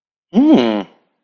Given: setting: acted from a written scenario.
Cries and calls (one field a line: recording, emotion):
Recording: vocal sound without words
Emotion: interest